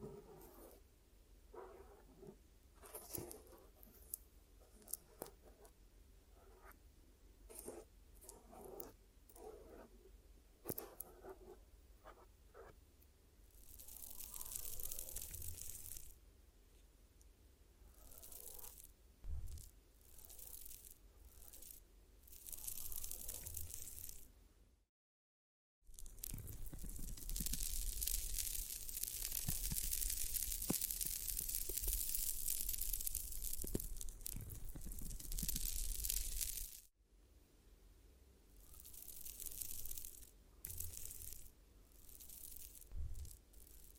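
Glue ear massage and cleaning: soft, scattered sticky taps and clicks open the clip, then give way to longer bright, crackling rubbing. A sudden silence near 25 seconds leads into a dense, hissing stretch of crunchy tearing sounds, easing into sparser rubbing after another brief drop.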